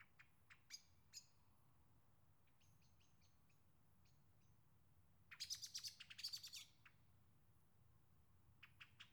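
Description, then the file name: Common blackbird calls: scattered sharp ticking notes, then a rapid harsh chattering burst lasting over a second, a few more ticks after, over a low steady rumble. "Turdus merula"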